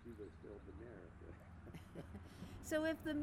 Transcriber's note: laugh